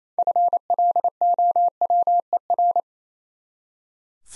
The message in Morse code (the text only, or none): FLOWER